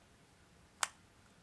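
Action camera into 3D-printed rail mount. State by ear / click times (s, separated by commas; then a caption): seated / 0.8 s. A small action camera is pushed into a 3D-printed plastic Picatinny rail mount that holds it with retention balls and a rear retention. It snaps in with a single sharp, bright click at 0.8 seconds against a quiet background, and the camera is seated in the mount.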